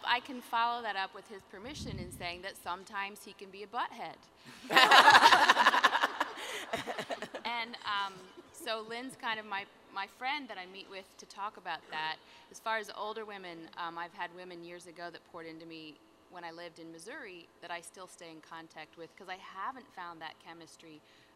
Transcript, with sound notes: I can follow this up with his permission in saying that sometimes he can be a butthead. (laughter) So Lynn is my friend who I meet with to talk about that. As far as older women, I’ve had women years ago who poured into me when I lived in Missouri that I still stay in contact with because I haven’t found that chemistry,